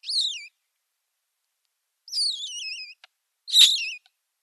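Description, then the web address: Eurasian magpie nestlings calling with high, downward-slurred, harmonic squeals, three calls with gaps between them, the last the loudest. "Schulze Peter Eurasian Magpie nestlings"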